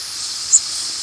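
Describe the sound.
Connecticut warbler call: one brief, very high note near the middle, set against a steady high hiss.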